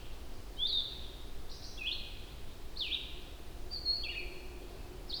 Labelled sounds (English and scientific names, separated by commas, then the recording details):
Red-eyed Vireo (Vireo olivaceus) song
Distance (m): 10 m
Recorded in boreal forest in Alberta, Canada, on 25 June 2016 at 08:45
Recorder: SongMeter 3, array SBT-6-76
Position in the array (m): 183 m, 87 m